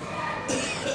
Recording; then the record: coughing mixed with background sound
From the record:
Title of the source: Spring Cold Coughing.